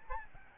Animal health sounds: mosquito wingbeat signal from an infrared sensor; Aedes albopictus

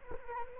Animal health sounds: mosquito wingbeat signal from an infrared sensor; Culex quinquefasciatus

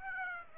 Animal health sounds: mosquito wingbeat signal from an infrared sensor; Aedes aegypti

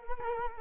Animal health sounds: mosquito wingbeat signal from an infrared sensor; Culex quinquefasciatus

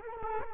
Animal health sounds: mosquito wingbeat signal from an infrared sensor; Culex quinquefasciatus

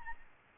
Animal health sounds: mosquito wingbeat signal from an infrared sensor; Aedes albopictus

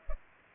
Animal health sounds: mosquito wingbeat signal from an infrared sensor; Culex pipiens

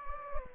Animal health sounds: mosquito wingbeat signal from an infrared sensor; Anopheles gambiae

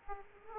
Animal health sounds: mosquito wingbeat signal from an infrared sensor; Aedes aegypti

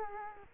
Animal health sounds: mosquito wingbeat signal from an infrared sensor; Culex quinquefasciatus

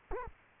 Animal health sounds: mosquito wingbeat signal from an infrared sensor; Culex quinquefasciatus

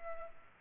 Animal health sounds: mosquito wingbeat signal from an infrared sensor; Culex pipiens

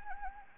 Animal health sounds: mosquito wingbeat signal from an infrared sensor; Anopheles arabiensis

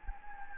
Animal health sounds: mosquito wingbeat signal from an infrared sensor; Anopheles gambiae

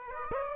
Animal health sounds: mosquito wingbeat signal from an infrared sensor; Aedes aegypti

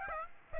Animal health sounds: mosquito wingbeat signal from an infrared sensor; Aedes aegypti

